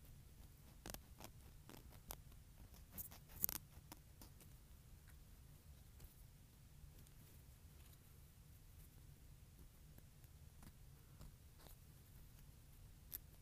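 Nails are being clipped: sharp little clicks and snaps come in a quick cluster over the first few seconds, the loudest crack near three and a half seconds. Afterward the clicks turn sparse and irregular, over a steady low hum that runs throughout.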